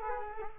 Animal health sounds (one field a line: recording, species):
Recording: mosquito wingbeat signal from an infrared sensor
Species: Culex quinquefasciatus